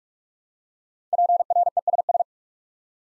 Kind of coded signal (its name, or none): Morse code